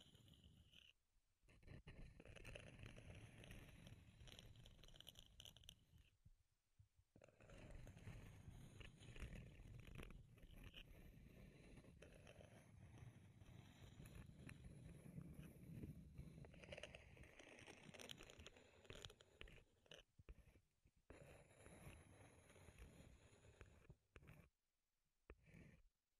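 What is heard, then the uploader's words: Wood triggers: dense, crackling scratches, taps and crunchy rubbing that run almost without pause, rough and full across low and bright tones. Brief silent breaks fall near 1, 6, 20 and 25 seconds before the busy wooden sounds resume. ASMR Wood Triggers in Your Ears (No Talking).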